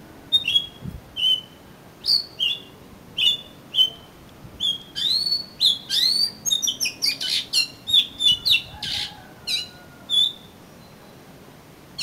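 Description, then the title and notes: Oriental magpie-robin song: steady run of whistled notes and rising slurs, growing denser mid-way with rapid chips, then spaced notes again. "suara kacer. kumpulan suara burung kacer"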